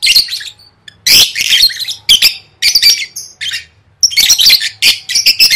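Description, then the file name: Lovebird squawks, scratchy and loud, in clustered bursts with thin whistled notes mixed in, with short pauses. "tieng vet mau don"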